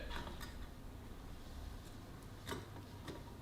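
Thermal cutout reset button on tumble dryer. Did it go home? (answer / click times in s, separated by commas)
no / none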